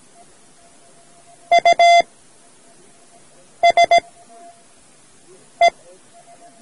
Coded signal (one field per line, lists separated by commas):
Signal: Morse code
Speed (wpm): 17 wpm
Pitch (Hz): 690 Hz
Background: none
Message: USE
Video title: Learning Morse Code: Part-I from Amateur Radio Society of India's audio cassette